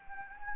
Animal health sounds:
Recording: mosquito wingbeat signal from an infrared sensor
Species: Anopheles gambiae

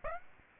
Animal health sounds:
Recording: mosquito wingbeat signal from an infrared sensor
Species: Aedes aegypti

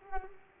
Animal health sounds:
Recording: mosquito wingbeat signal from an infrared sensor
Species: Culex pipiens

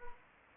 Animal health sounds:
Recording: mosquito wingbeat signal from an infrared sensor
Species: Anopheles arabiensis

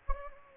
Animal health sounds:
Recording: mosquito wingbeat signal from an infrared sensor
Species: Anopheles gambiae

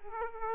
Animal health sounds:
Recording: mosquito wingbeat signal from an infrared sensor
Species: Aedes aegypti

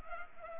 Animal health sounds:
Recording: mosquito wingbeat signal from an infrared sensor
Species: Culex pipiens

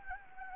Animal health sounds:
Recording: mosquito wingbeat signal from an infrared sensor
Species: Anopheles gambiae

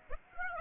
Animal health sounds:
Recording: mosquito wingbeat signal from an infrared sensor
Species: Aedes aegypti

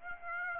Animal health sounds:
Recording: mosquito wingbeat signal from an infrared sensor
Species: Aedes aegypti

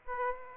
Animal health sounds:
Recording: mosquito wingbeat signal from an infrared sensor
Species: Aedes aegypti

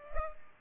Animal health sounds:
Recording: mosquito wingbeat signal from an infrared sensor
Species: Culex pipiens

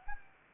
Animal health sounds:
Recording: mosquito wingbeat signal from an infrared sensor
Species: Anopheles arabiensis

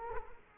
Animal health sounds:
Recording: mosquito wingbeat signal from an infrared sensor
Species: Culex quinquefasciatus

